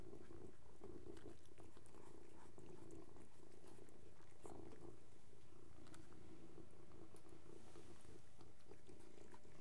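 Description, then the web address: Domestic cat purring, a deep steady rumbling drone that pulses continuously throughout, with a few soft clicks and rustles on top. Three cats purring together. "BBC Sound Effects Library. Three Cats Purring"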